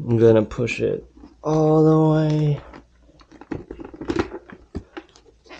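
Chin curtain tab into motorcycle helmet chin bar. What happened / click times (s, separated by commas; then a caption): No definite seating click; the plastic tab does not seem to lock / none. Someone talks while pushing the plastic tab of an HJC chin curtain all the way into the chin bar of a motorcycle helmet, followed by a few brief, sharp handling sounds between about 3.4 and 5.0 seconds. Nothing has seated or clicked yet: the tab is not in, because it is still visible.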